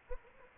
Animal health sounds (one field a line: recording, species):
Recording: mosquito wingbeat signal from an infrared sensor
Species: Anopheles arabiensis